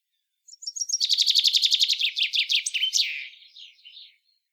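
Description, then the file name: Common chaffinch: a long rapid trill of repeated sharp notes descending in pitch, ending with an emphatic flourish and a few quieter trailing notes. "Fringilla coelebs"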